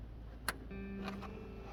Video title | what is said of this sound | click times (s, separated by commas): Promaster headlight repair / replace. | when you slide the plug on you're actually going to hear it click it's a very definitive sound now that | 0.5 s